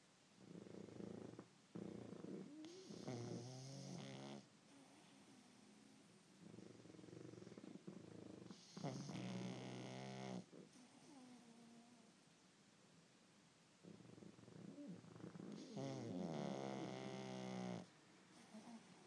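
Rough, rattling snores come in slow waves every few seconds, with louder, higher-pitched grunting phases layered over a low fluttering rumble: the noisy, vibrating breathing of two short-nosed pugs snoring during sleep.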